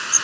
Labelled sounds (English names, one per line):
Yellow Warbler flight call